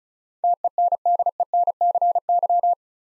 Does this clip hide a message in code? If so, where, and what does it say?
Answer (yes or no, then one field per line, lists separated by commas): yes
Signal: Morse code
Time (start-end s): 0.4-2.7 s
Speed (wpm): 36 wpm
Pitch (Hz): 700 Hz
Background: none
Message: TENDENCY